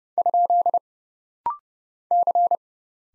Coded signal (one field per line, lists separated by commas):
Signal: Morse code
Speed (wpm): 30 wpm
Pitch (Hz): 700 Hz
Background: none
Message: ? C